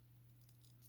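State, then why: Not seated. A plastic foot part on a Transformers Studio Series 86 Blurr transforming action figure is handled as it is brought around so its tab can go into a slot. Only a steady low hum and faint rustling are heard. Nothing has seated or clicked yet.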